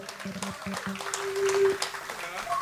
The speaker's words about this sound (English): So I'd give a big round of applause for Sitze Heusmann.